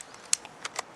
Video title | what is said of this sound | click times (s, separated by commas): Ruger 10 22 Take down rifle & Carry bag | all right so we locked the bolts right there | 0.3 s